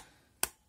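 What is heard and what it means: A 4 GB DDR4 memory module is pushed into a motherboard DIMM slot with its notches lined up. After a quiet lead-in, the retaining clip snaps shut with a single sharp, broadband click at 0.4 s that fades within about a tenth of a second, and the stick is seated.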